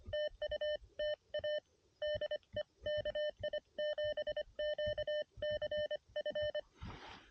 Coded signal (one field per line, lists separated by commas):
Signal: Morse code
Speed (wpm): 25 wpm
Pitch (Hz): 600 Hz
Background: none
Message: TU TA DE KI7QCF